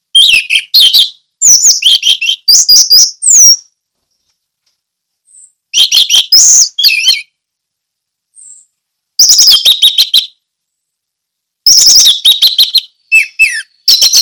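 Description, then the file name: Orange-headed thrush singing in short loud bursts of fast whistled and chattering notes, separated by short pauses. Song in the ngeplong style. "anis merah ngeplong"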